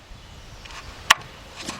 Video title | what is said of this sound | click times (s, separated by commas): ⭐ 2007 Ford Focus - 2.0 - Cylinder Misfire - Valve Cover Gasket - Spark Plugs | put that on it's only gonna it's gonna snap right into place | 1.1 s